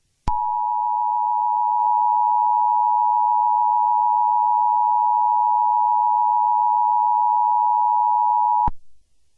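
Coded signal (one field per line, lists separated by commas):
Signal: Emergency Alert System (SAME) tones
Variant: 853 and 960 Hz attention tone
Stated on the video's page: Recreation of an Amber Alert as EAS, made with IVONA voice, Sony Vegas and Audacity; the original alert came by phone.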